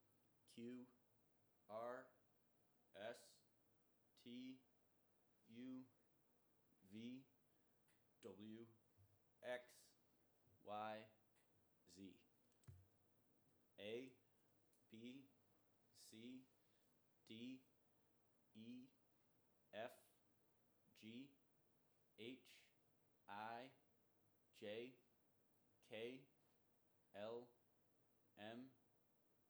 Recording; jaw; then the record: letters of the alphabet, spoken; free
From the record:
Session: first day, before the bite bar